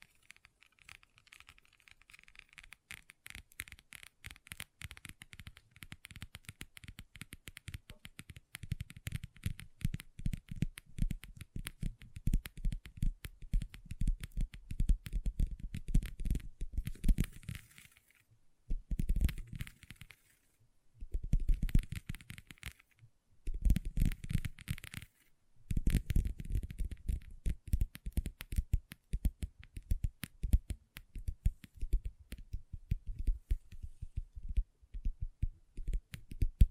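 Long nails tap and scratch on a table in quick, dense bursts of clicks. The tapping starts soft and sparse, grows busier and louder from about ten seconds, then breaks into short pauses near nineteen, twenty-three and twenty-five seconds before resuming steadily.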